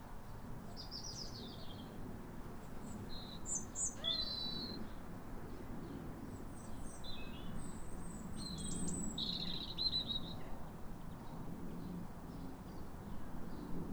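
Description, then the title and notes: European robin delivering scattered high, thin phrases, mixing clear whistles with rapid trills and pauses, above a soft low drone. Pair of robins in neighbouring gardens singing in duet at a clear, calm New Year sunrise in winter after weeks of rain, welcoming the early sun. "A pair of robins in neighbouring gardens welcome the early sun with wistful phrases"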